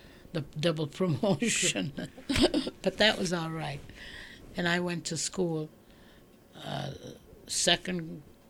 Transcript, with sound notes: the double promotion. ( she laughs ) But that was all right. And I went to school, second,